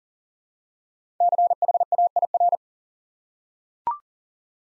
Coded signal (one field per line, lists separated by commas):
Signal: Morse code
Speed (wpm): 38 wpm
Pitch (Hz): 700 Hz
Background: none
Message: CHAIR